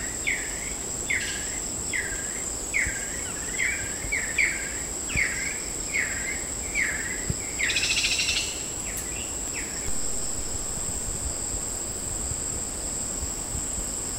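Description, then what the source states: Chestnut-collared kingfisher with a series of quick falling whistled notes for about seven seconds, then a brief noisy burst, a few fainter notes and a steady insect drone. Recorded at Sepilok on 5 August 2009.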